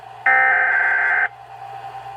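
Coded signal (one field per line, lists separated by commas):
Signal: Emergency Alert System (SAME) tones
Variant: header bursts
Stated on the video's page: Tornado Warning from weather radio originator, header sent three times.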